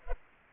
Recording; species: mosquito wingbeat signal from an infrared sensor; Culex quinquefasciatus